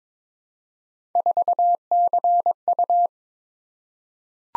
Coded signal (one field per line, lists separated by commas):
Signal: Morse code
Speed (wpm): 22 wpm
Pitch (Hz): 700 Hz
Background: none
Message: 4CU